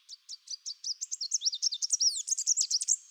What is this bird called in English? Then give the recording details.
Chestnut-capped Warbler. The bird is a male. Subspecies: delattrii. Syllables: 23. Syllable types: 19. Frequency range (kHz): 3.4-8.7 kHz. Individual CR-GOGS-M